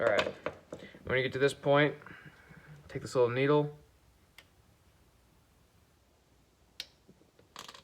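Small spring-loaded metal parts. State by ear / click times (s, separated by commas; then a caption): released / 6.8 s, 7.6 s. During reassembly of a Delco-Remy 10SI alternator, someone talks, then a small needle holding the spring-loaded brushes back is pulled out. The brushes are released onto the rotor slip rings with two sharp clicks at 6.8 s and 7.6 s, engaging them.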